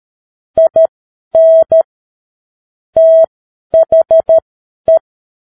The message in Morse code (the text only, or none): IN THE